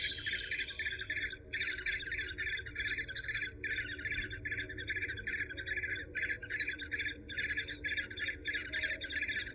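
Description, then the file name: Eurasian hobby calls, dense runs of bright chirps with buzzy overtones, briefly pausing and resuming, over a constant low background hum. "suara alap walet"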